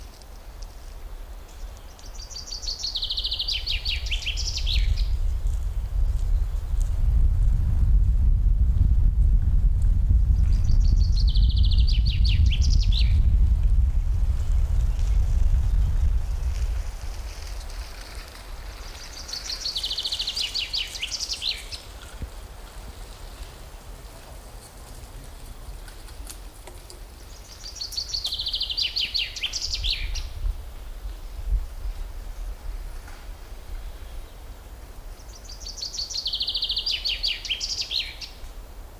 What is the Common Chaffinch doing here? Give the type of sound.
song